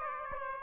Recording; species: mosquito wingbeat signal from an infrared sensor; Aedes aegypti